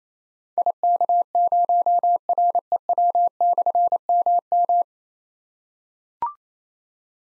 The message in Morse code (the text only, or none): IK0REW/MM